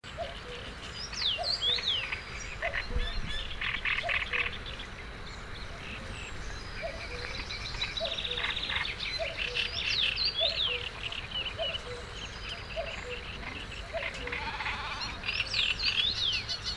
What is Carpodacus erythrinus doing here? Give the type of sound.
song